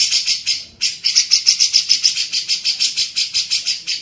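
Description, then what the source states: Grey-cheeked bulbul giving a fast, harsh chattering series of buzzy pulses, broken by one brief pause near the start. Masteran tutor recording used for training songbirds.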